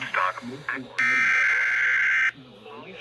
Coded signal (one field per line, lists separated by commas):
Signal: Emergency Alert System (SAME) tones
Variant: header bursts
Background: speech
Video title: LEGIT CRAZINESS 7 | EAS Alerts from 6/6/25 - 6/7/25